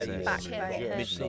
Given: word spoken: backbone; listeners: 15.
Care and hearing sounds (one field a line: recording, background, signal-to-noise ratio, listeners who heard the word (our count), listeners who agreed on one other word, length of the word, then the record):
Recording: one English word in noise, from a listening test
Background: four-talker babble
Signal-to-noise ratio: -1.9 dB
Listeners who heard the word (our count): 1 of 15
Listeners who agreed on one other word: 8 of 15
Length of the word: 0.89 s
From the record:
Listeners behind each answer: 8, 3, 1, 1, 1, 1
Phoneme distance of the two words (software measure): 21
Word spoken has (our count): 2 syllables, 6 phonemes, stress on syllable 1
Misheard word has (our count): 1 syllable, 3 phonemes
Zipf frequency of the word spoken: 3.50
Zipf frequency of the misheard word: 6.25